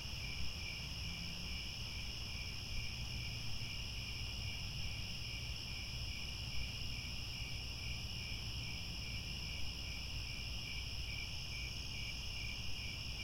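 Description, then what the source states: Crickets chirping together, a constant high shrill trill with gentle pulsing over a low rumble. Chorus of crickets chirping at twilight.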